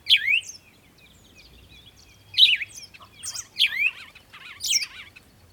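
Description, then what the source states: Bird song of bright, descending chirps, given a few times at uneven intervals, joined at the end by a buzzier twitter. Birds singing in the morning.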